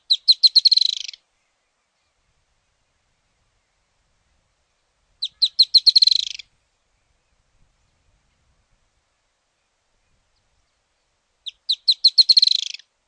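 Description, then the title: Firewood-gatherer repeating an accelerating chatter three times, about every six seconds, each burst of high notes quickening into a dense trill; quiet between bursts. "LuckyPassaro Completos2Sama. Firewood-gatherer (Anumbius annumbi)"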